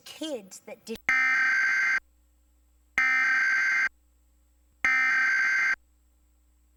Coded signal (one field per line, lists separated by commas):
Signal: Emergency Alert System (SAME) tones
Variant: header bursts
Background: speech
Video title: National EAS Test on CBS